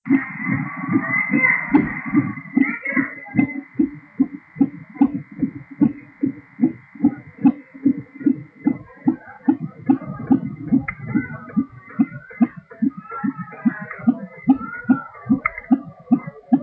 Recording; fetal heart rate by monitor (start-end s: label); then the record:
fetal heart sounds by stethoscope on the mother's abdomen
0.00-10.00 s: 150 bpm
10.00-16.63 s: 144 bpm
From the record:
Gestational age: 38 weeks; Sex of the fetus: girl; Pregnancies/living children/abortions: 5/2/2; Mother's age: 35 years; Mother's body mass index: 28.4